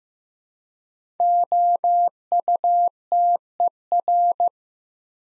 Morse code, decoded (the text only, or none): OUTER